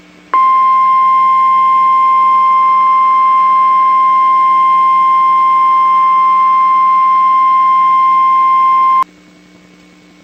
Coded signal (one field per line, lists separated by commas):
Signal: Emergency Alert System (SAME) tones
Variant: 1050 Hz attention tone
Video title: NOAA Weather Radio - EAS #836 - Civil Emergency Message - 4/28/14 7:25 PM